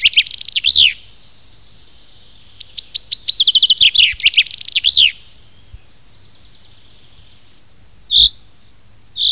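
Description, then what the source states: Common chaffinch song phrases of rapid notes, followed by two separate sharp single call notes against a quiet background. Recorded in 2010.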